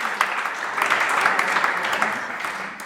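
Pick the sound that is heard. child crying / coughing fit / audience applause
audience applause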